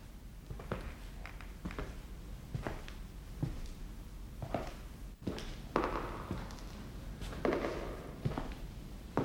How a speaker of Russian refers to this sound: Эхо. Шаги отзываются эхом. Это не эхо. Чьи-то шаги.